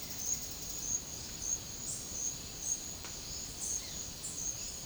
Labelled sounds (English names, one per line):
none